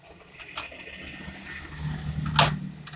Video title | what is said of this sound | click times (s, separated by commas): cara mengatasi mesin fotocopy bizhub 350 error kode C0204 | dipaskan lagi waktu nutup sampai klik itu ini ya. Nah, | 2.4 s